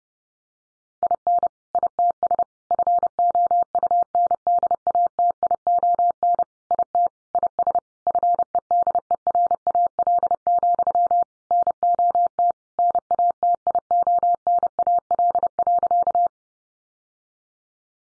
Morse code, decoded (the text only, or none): IN ITS FOUNDATION IT IS FEDERAL, NOT NATIONAL.